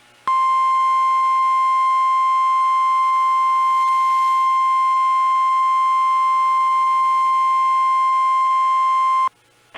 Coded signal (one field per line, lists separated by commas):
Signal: Emergency Alert System (SAME) tones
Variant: 1050 Hz attention tone